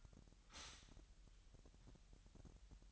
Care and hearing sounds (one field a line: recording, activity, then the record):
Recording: daily activity, microphone in the room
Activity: stop toaster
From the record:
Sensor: 3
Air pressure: 1002.0 hPa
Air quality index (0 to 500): 248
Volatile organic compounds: 51 ppm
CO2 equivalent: 3314 ppm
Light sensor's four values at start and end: 13/39/17/14 and 13/39/17/14